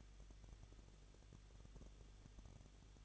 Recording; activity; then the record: daily activity, microphone in the room; no activity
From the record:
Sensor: 4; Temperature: 23.0 degrees Celsius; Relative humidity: 34.3%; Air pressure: 1007.3 hPa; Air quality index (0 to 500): 216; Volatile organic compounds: 15 ppm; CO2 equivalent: 2502 ppm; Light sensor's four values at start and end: 2/3/1/1 and 2/3/1/1